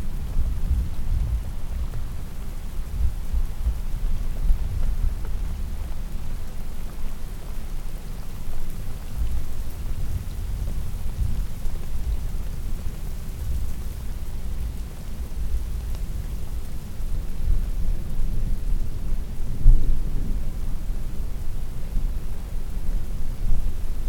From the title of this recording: Calming Distant Thunder With a Touch of Rain